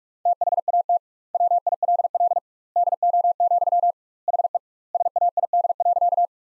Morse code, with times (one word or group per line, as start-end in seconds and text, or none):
0.3-1.0 THAT
1.3-2.4 WILL
2.8-3.9 DO,
4.3-4.6 HE
4.9-6.3 SAID.